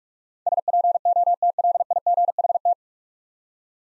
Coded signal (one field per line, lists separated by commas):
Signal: Morse code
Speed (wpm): 47 wpm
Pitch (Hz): 700 Hz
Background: none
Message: SPOTLIGHT